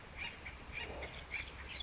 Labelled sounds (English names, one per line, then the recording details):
Acorn Woodpecker
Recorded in Sonoma County, California